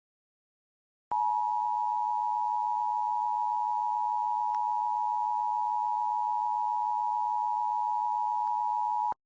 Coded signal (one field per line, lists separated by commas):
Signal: Emergency Alert System (SAME) tones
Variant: 853 and 960 Hz attention tone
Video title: (Livestream EAS #2) State of Florida Required Monthly Test (WTOG TB44)